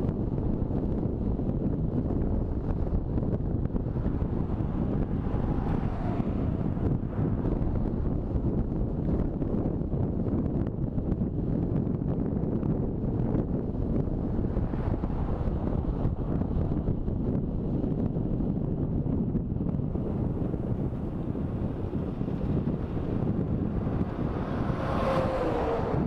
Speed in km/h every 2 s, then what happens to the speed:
40, 35, 34, 30, 29, 28, 27, 25, 25, 24, 24, 24, 23.
0-13 slows to 25. 13-26 steady at about 24.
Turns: none.